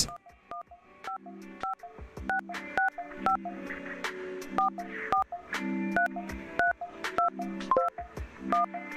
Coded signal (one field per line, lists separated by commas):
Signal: DTMF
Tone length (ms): 130 ms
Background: music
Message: 1155665 4433221